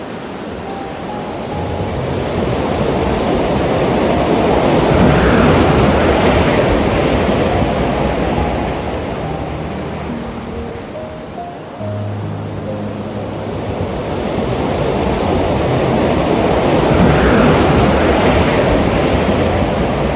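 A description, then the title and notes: Ocean waves wash in and out in slow swells, peaking around five and seventeen seconds with a soft hiss of surf. Sparse, quiet piano notes sit beneath the water, with a few low tones near the middle, while a gentle wind rushes throughout. Ocean waves, ambient piano, and calming wind.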